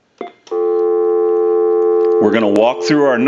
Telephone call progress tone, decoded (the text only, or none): dial tone